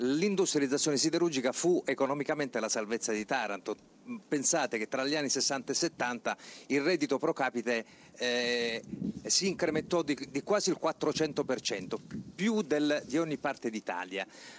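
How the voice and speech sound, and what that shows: An adult man, a journalist, speaks fluent Italian in a radio interview at a steady conversational pace, with a filled pause and a couple of brief word repetitions; ordinary speech.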